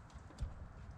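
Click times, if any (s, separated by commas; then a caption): none. A wiring harness plug is handled against the bulb connector of a Hawkglow Series T6F H11 LED headlight bulb for a 2020 Toyota 4Runner, where it will be pushed on until its plastic clip latches. Soft low handling knocks are heard, with one brief louder bump at about 0.4 s. Nothing has seated or clicked yet.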